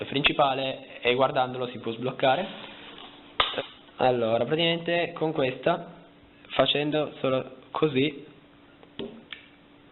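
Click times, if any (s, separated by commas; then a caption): 9.0 s, 9.3 s. Someone talks while an eject pin is pressed into the SIM tray hole of a Huawei P20 lite smartphone. Small clicks sound at 9.0 s and 9.3 s as the plastic/metal SIM tray is released and comes out.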